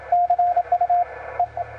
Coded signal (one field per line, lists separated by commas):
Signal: Morse code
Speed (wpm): 22 wpm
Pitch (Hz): 700 Hz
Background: radio noise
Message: CU EE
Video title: FK8DD/m QSO with EW8W Excellent sigs on 30m 02/09/2015